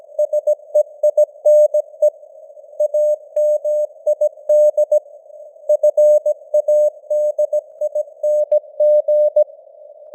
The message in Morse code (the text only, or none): SEINE AMID FADING